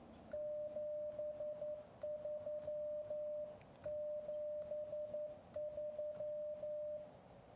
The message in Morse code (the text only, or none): 73 73